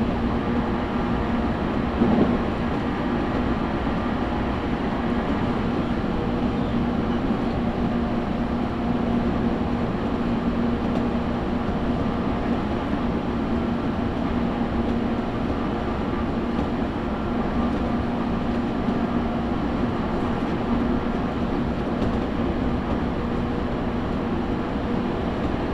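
A Tokaido Line train runs between Hamamatsu and Toyohashi, its steady rumble and rolling hum holding at an even level for the whole stretch. A persistent low tone drones underneath, with a brief louder bump near two seconds and faint rattles scattered throughout.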